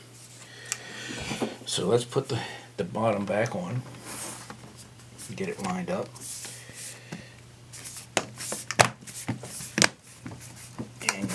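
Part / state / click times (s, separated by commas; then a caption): bottom cover into laptop chassis / seated / 8.2 s, 8.7 s, 8.8 s, 9.8 s, 11.1 s. Someone talks while lining up the plastic bottom cover of a Dell Inspiron 13 7000 laptop, during a Type F62G0 battery change, and pressing it down onto the chassis. Sharp clicks ring out at 8.2, 8.7, 8.8, 9.8 and 11.1 seconds as the cover's edge clips snap into the chassis, leaving the cover seated.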